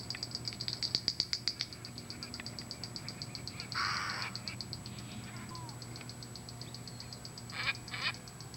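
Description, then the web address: Wren-like Rushbird giving rapid, even ticks, loudest at the start and then softer, with a brief rough burst and a few scratchy notes later. "cantos junquero"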